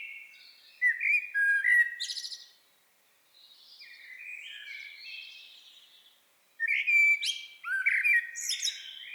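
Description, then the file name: Common blackbird song: low fluty warbled phrases followed by high, squeaky twittering bursts, with a quieter warbling passage in the middle. "Turdus merula"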